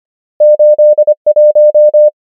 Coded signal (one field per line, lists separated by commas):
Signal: Morse code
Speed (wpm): 25 wpm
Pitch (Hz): 600 Hz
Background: none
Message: 8 1